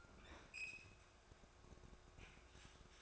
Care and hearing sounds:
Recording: daily activity, microphone in the room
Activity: open fridge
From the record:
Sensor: 2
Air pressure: 1004.5 hPa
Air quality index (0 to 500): 185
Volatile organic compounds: 10 ppm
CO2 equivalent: 2215 ppm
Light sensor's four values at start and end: 4/10/4/4 and 4/10/4/4

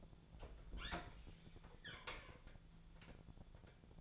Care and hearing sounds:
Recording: daily activity, microphone in the room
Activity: open fridge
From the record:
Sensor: 5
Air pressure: 1000.2 hPa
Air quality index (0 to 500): 101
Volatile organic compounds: 1 ppm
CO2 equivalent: 819 ppm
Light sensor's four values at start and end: 224/529/227/249 and 227/536/230/253

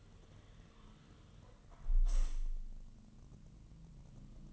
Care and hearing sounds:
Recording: daily activity, microphone in the room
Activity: close window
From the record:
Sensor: 4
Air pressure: 1000.8 hPa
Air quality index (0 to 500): 243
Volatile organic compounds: 41 ppm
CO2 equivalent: 3157 ppm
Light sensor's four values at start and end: 9/21/8/8 and 9/20/8/7

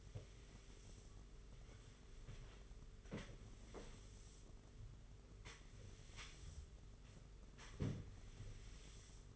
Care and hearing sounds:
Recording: daily activity, microphone in the room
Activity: sweep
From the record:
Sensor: 4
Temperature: 27.1 degrees Celsius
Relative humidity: 38.3%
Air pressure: 992.2 hPa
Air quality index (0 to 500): 110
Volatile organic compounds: 18 ppm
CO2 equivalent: 2631 ppm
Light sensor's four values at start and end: 22/77/28/30 and 22/77/28/30

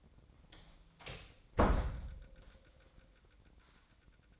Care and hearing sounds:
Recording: daily activity, microphone in the room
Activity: close door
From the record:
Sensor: 3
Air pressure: 1012.3 hPa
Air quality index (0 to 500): 175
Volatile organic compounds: 3 ppm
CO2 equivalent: 1338 ppm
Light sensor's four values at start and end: 615/1528/633/653 and 613/1523/631/651

